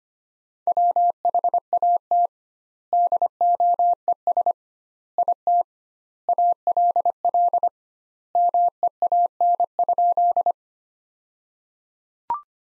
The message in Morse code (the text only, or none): WHAT DOES IT ALL MEAN?